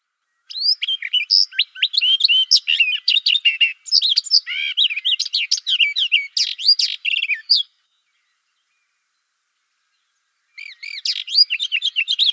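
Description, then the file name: Barred warbler song: a fast, scratchy warbling stream of varied chirps and short whistles lasting about seven seconds, then a pause, then another burst of chattering phrases. "Slavka jastrebinaja"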